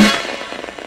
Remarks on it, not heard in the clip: When you actually hear the cell firing away, one of the things you may notice is it doesn't sound like a little clock going tick, tick, tick. You can actually hear the randomness in the way it's behaving. And we think that's not an accident. That, we believe, is the randomness that makes us unpredictable when we're making choices.